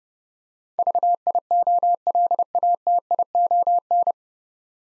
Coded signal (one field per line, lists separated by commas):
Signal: Morse code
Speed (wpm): 30 wpm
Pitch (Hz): 700 Hz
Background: none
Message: VIOLATION